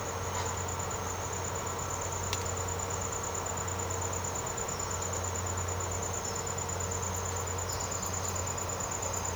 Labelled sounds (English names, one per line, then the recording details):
none
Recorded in secondary vegetation near Puerto Asís, Putumayo, Colombia, on 19 March 2025 at 07:00
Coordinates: 0.468, -76.324
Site G059